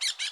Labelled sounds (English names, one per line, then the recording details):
Brown-throated Parakeet contact call
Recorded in Bonaire
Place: 1 km N of power plant, rd to Republiek
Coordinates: 12.184, -68.285